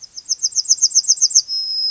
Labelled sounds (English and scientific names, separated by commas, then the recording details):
Yellowhammer (Emberiza citrinella) song
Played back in grassland
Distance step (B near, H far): B
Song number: 017